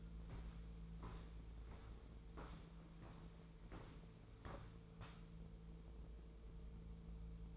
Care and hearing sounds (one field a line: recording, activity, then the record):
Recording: daily activity, microphone in the room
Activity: walk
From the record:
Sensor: 1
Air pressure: 1005.5 hPa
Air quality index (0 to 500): 123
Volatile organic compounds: 5 ppm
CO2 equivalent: 1730 ppm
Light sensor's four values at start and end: 11/27/11/12 and 11/26/10/11